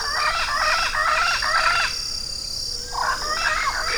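Bird giving a harsh chattering phrase that stops for about a second, then resumes, over steady background hiss.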